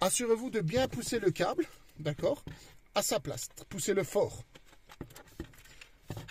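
An antenna/GPS cable plug is pushed firmly into its socket on the back of an Android car radio head unit for a Mercedes A-Class A150 W169, while someone talks. After the talk, a few faint, short handling taps and knocks are heard between about 4.9 and 5.8 seconds. Nothing has seated or clicked yet.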